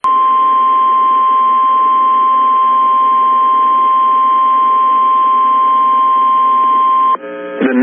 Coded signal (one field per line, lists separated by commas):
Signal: Emergency Alert System (SAME) tones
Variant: 1050 Hz attention tone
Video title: Sioux Falls SD NOAA Weather Radio Severe Thunderstorm Warning EAS WXM28 5 23 PM 5 12 2022